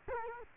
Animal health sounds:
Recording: mosquito wingbeat signal from an infrared sensor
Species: Culex quinquefasciatus

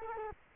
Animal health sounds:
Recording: mosquito wingbeat signal from an infrared sensor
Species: Culex quinquefasciatus

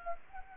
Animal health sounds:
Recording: mosquito wingbeat signal from an infrared sensor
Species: Anopheles arabiensis

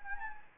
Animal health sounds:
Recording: mosquito wingbeat signal from an infrared sensor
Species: Anopheles gambiae

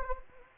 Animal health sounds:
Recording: mosquito wingbeat signal from an infrared sensor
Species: Anopheles gambiae

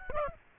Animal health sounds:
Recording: mosquito wingbeat signal from an infrared sensor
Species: Aedes aegypti

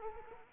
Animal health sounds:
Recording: mosquito wingbeat signal from an infrared sensor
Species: Culex quinquefasciatus

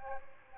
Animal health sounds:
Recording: mosquito wingbeat signal from an infrared sensor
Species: Aedes aegypti

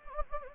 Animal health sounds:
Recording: mosquito wingbeat signal from an infrared sensor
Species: Anopheles gambiae

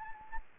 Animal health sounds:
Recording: mosquito wingbeat signal from an infrared sensor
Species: Anopheles gambiae

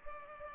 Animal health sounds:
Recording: mosquito wingbeat signal from an infrared sensor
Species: Culex pipiens

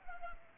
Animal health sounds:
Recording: mosquito wingbeat signal from an infrared sensor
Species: Culex pipiens

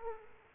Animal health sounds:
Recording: mosquito wingbeat signal from an infrared sensor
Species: Aedes aegypti

